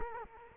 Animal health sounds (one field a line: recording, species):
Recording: mosquito wingbeat signal from an infrared sensor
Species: Culex quinquefasciatus